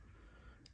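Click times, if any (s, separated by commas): 0.7 s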